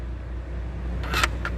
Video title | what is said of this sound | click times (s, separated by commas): Engine ஏன் சூடாகிறது!?? #engine #engineheat #why #tndriveribrahim #tamil #saudi #truck #volvo | இது lock ஆயிடுச்சு. | 1.2 s, 1.4 s